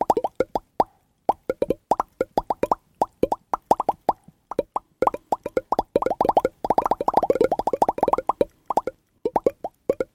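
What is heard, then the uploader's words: Dry mouth pops in quick irregular bursts, some spaced out and others tumbling together densely, especially around the seventh and eighth seconds. Mouth pops.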